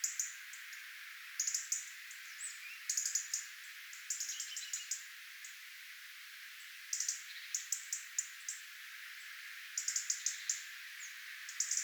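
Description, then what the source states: Tit flock calls, repeated clusters of high, sharp chirps and thin notes, with brief pauses over background hiss. Tit flock, recorded 11 October 2024.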